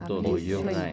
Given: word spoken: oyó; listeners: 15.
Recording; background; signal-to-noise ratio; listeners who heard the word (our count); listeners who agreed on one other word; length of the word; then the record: one Spanish word in noise, from a listening test; four-talker babble; -1.9 dB; 1 of 15; 8 of 15; 0.53 s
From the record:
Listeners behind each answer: 8, 2, 2, 1, 1, 1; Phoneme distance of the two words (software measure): 28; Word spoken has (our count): 2 syllables, 3 phonemes, stress on syllable 2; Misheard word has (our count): 2 syllables, 5 phonemes, stress on syllable 1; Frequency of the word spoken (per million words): 20.80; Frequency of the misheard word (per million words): 1036.77